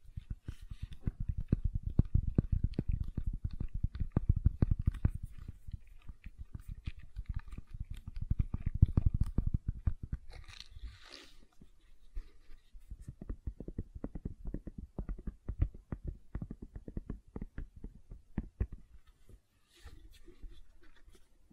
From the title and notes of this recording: ASMR Gentle Silicon Sounds for Sleep (No Talking).